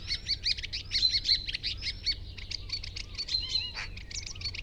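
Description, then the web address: Common starling giving quick repeated whistled notes mixed with clicks and a few downslurred whistles, in a steady chattering stream. "Ocells Cultura Estornino. pinto"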